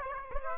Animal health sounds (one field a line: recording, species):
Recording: mosquito wingbeat signal from an infrared sensor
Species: Aedes aegypti